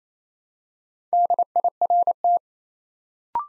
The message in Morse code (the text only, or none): DIRT